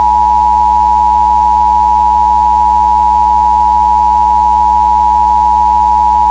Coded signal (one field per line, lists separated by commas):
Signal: Emergency Alert System (SAME) tones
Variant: 853 and 960 Hz attention tone